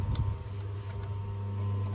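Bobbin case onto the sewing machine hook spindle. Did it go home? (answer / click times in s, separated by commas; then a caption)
yes / 1.9 s. A metal bobbin case is pushed onto the hook spindle of a Bernina 317 semi-industrial sewing machine over a steady low hum, with a brief tick near the start. It clicks into place at 1.9 s, and the bobbin case is confirmed seated.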